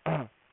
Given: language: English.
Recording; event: throat vibration sensor signal played as sound; throat clearing